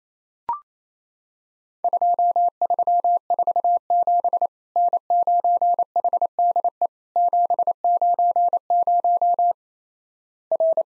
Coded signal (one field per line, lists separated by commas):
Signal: Morse code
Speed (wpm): 28 wpm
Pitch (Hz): 700 Hz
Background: none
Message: 2347 N9HDE 790 R